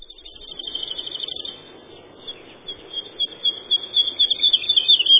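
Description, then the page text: Woodlark song: a run of notes, a short pause, then a louder series of quick repeated notes toward the end; muffled, low-fidelity sound. "Юла, или лесной жаворонок — Lullula arborea"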